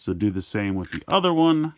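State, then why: Not seated. The second plastic leg section of a Transformers Studio Series 86-15 Leader Class Dinobot Sludge transforming robot toy is handled during its conversion to dino mode, on its way into the body. Someone talks throughout, with no distinct snaps or clicks heard. Nothing has seated or clicked into place yet.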